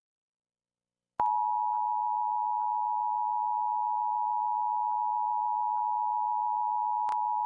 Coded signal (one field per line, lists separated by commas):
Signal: Emergency Alert System (SAME) tones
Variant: 853 and 960 Hz attention tone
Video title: [EAS #1476-#1488] A Day of Monthly Tests